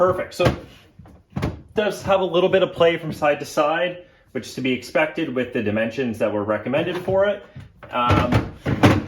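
A plastic tool storage case is handled on metal Festool SYS3 under-bench mounting rails while someone talks. Brief soft knocks are heard near 1.1 s and 1.4 s. Nothing has seated or clicked yet.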